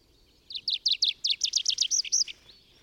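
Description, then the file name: Tree pipit singing a fast series of about a dozen sharp, high chipping notes that end abruptly. Recorded in the Bavarian Forest on 25 April 2015. "Baumpieper. Bayerischer Wald REG. Susanne Rieck"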